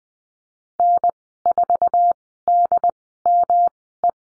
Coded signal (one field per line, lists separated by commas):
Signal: Morse code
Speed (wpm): 20 wpm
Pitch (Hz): 700 Hz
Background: none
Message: N4DME